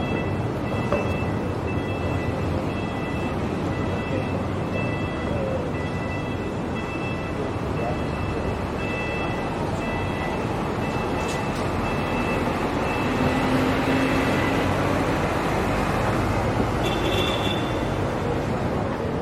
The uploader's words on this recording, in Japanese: シドニー市内 Townhall の騒音。そのメインストリートのGeorge street にて行き交う人々を眺めながらゆっくり過ごします。忙しく行き来する人の声 TRAMの行き交う音 ランチをする女性の会話。